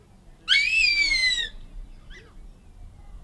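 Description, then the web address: Harpy eagle giving a single loud, high, drawn-out wail that dips slightly in pitch and lasts about a second, followed by a faint short note. Recorded in the eastern lowlands of South America. "Natures Songs S America Eastern Lowlands. Harpy Eagle"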